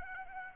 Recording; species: mosquito wingbeat signal from an infrared sensor; Aedes aegypti